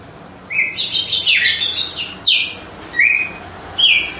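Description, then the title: Red-cowled cardinal song: a rapid jumbled warble, then separate sharp whistled notes, some sweeping down, some flat, spaced under a second apart. Female; song described as pure, strong, clean and measured 'açoite'. "Canto Galo Campina Fêmea 02. GALO DE CAMPINA, AÇOITE PURO, FORTE, LIMPO E COMPASSADO"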